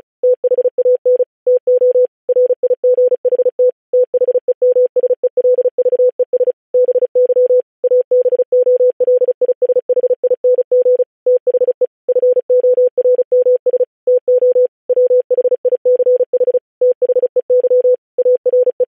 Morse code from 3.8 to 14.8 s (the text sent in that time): THEMSELVES BY ABOLISHING THE FORMS TO